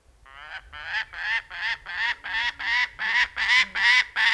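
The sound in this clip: Gyrfalcon giving a steady series of about a dozen harsh, nasal, grating notes.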